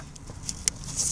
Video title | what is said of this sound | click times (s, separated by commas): How to Replace a Front Wheel Bearing | that'll snap right in | 0.7 s